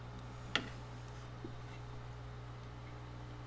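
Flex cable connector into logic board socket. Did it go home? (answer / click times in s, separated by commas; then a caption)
partly / 0.6 s. During a phone repair, a flex cable (FPC) connector is pressed onto its logic board socket, giving one sharp click at 0.6 s, then a much fainter tick near 1.4 s over a steady low hum. The connector did not seat all the way and has to be redone.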